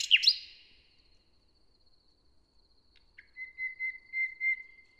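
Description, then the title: Common nightingale phrase: a brief loud chirped flourish, a pause, then a soft whistled note repeated in swelling pulses, with a thin high tone throughout. Inside a forest near Hoscheid, Luxembourg; early summer morning after a wet night, sun rising through the leaves; a nightingale singing a kind of morning song. "hoscheid, forest, nightingale. Hoscheid - Waldmorgen"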